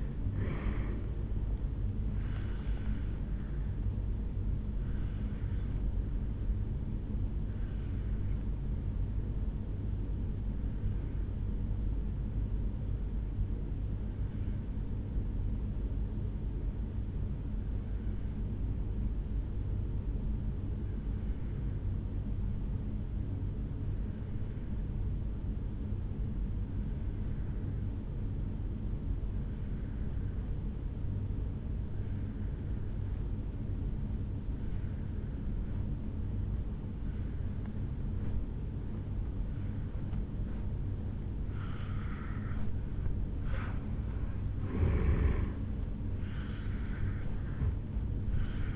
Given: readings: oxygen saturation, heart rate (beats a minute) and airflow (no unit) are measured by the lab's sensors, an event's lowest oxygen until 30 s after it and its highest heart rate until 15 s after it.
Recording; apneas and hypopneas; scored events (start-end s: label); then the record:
breathing in sleep by a smartphone at the bedside; 1
11.00-43.80 s: obstructive apnea (N2, oxygen 96% highest, then 84% lowest, heart rate 53 at the start, 75 highest)
From the record:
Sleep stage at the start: N2 (light sleep); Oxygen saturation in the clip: 80 to 96%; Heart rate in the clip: 51 to 78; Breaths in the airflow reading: 3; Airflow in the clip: -10.8 to 8.0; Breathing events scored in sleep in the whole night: 449 in 7.0 hours asleep